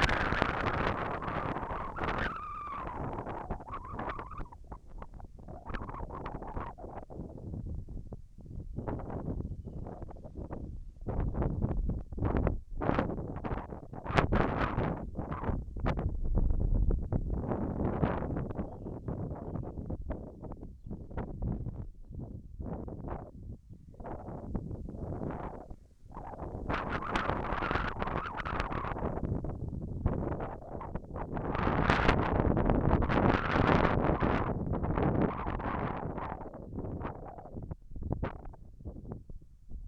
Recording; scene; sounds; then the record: everyday scene through a hearing-aid microphone; wind on the microphone; wind, whistling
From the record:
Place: in front of a rural house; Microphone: behind the ear, left, rear